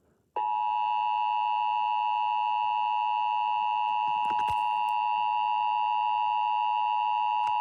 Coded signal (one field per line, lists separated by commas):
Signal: Emergency Alert System (SAME) tones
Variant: 853 and 960 Hz attention tone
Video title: National Periodic Test (EAS #144)